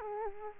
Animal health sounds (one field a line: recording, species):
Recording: mosquito wingbeat signal from an infrared sensor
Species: Culex quinquefasciatus